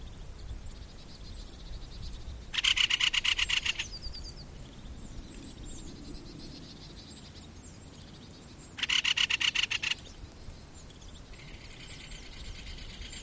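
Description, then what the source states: Great spotted woodpecker uttering two rapid, harsh clicking rattles about six seconds apart. Rattling chatter call, termed räksytys in Finnish.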